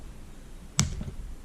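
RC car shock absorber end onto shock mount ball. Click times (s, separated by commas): 0.8 s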